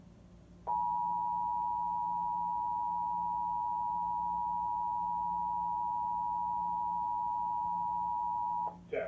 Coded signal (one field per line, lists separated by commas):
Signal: Emergency Alert System (SAME) tones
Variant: 853 and 960 Hz attention tone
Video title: EAS 167: Pennsylvania Required Monthly Test for the month of April 2022